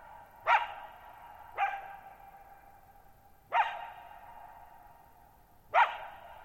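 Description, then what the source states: Coyote letting out short sharp barks, four in six seconds, each ringing on in a drawn-out echo over a quiet background. Lone wild coyote at night, July 14, 2019, Thirtymile Meadows, Okanogan National Forest, Pacific Northwest, 1950 m; open shallow-bowl meadow with boggy ground, very quiet, long reverberation.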